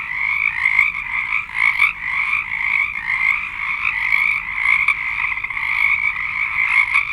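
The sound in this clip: Frogs calling in a chorus, constant overlapping high trilled notes that swell and fade slightly without pause.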